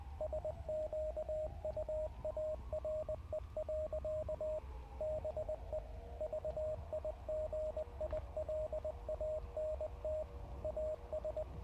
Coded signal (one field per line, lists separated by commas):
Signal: Morse code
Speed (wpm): 20 wpm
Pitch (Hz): 620 Hz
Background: radio noise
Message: SQUARE. BE VIGILANT AS